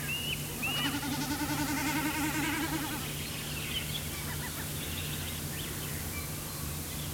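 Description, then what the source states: Common snipe drumming, a quavering, rapidly pulsed bleat lasting over two seconds, followed by soft calls of other birds over a constant low background hum. Display at night; throat call 'kitkut kitkut' and bleating from vibrating tail feathers as the bird tips into slanting dives during display flight.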